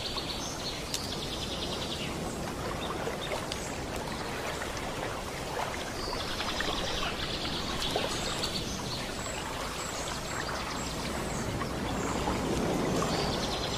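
Nature sounds: a steady, dense rush like flowing water fills the clip, with bright chirping bird or insect calls recurring throughout.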